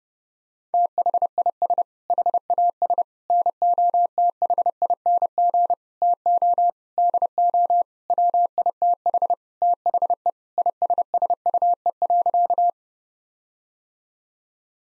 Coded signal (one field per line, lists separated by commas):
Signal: Morse code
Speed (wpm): 32 wpm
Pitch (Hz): 700 Hz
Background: none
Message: THIS HAS NOTHING TO DO WITH THE ISSUE.